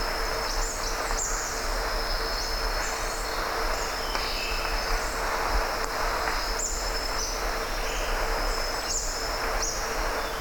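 Wallace's hanging parrot calls: a series of brief, very high, thin chirps repeated many times against constant background noise.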